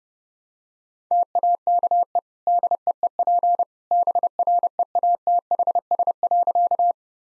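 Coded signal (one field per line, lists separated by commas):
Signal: Morse code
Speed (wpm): 30 wpm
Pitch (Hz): 700 Hz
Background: none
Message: TAKE DEEP BREATHS.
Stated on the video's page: Morse practice sentences with contextual hints at 30 wpm.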